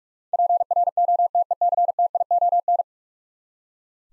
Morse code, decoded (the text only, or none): PROTECTION